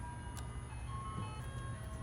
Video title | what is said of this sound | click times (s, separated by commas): 2012 Chevrolet Cruze Purge Canister Replacement | and then this pin connector snaps back in | 0.4 s